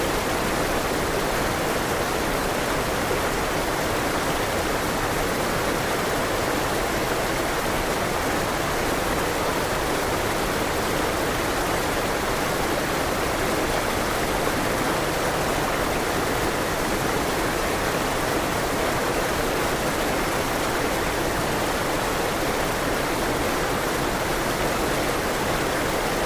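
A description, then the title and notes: A forest waterfall pours in a dense, steady rush, full and hissing from low rumble to bright spray, unchanging throughout with no distinct events. Calming Forest Waterfall White Noise.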